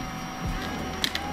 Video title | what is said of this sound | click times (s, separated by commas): We Made a Camera Mount for our CNC Plasma Cutter | and it should snap into place | 1.0 s